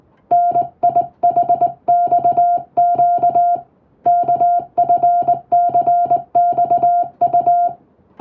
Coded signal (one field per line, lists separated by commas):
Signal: Morse code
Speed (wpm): 20 wpm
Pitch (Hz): 700 Hz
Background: music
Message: NIHXQ KFCXU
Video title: 心地良いモールス信号！トンとツーで奏でるハーモニー！トンとツーで言葉を交わす！英語のモールス符号を打ってみました。練習にYouTubeの再生速度を設定して聞こう morse code practice